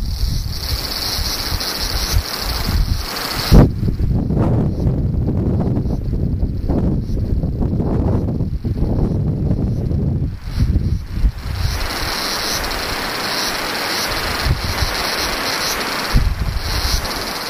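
Cicadas hum steadily through the whole 18 seconds, a thin high buzz in two bands that never lets up. Gusts of wind roar and buffet underneath in heavy, uneven surges, easing briefly around ten and sixteen seconds, with a sharp knock near 3.5 seconds.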